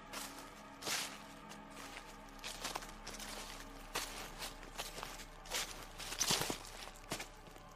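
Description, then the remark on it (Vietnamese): Footsteps of a person walking crunch and rustle through dry leaves in a back garden at night, in an uneven series of crisp, brittle steps, each a broad crackling burst with soft scuffing between them, and no one speaking. “Tiếng người đi bộ sau vườn dẫm lên lá cây sột soạt lại truyền tới.”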